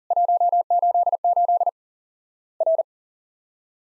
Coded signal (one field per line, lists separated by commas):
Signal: Morse code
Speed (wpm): 40 wpm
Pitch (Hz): 700 Hz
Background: none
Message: 188 R